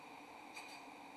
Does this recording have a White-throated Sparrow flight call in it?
no